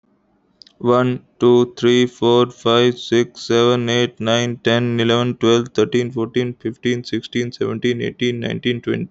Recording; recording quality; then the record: counting at a fast pace; excellent, no background noise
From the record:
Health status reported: respiratory illness, not identified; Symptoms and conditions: fever, hypertension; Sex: male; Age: 26 years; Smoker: not ticked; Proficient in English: yes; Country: India